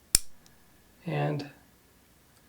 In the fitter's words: then it snaps into place.